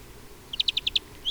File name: Chloris chloris